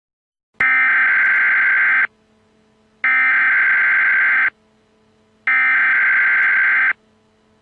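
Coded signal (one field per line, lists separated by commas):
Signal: Emergency Alert System (SAME) tones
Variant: header bursts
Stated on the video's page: Civil Emergency Message for water contamination.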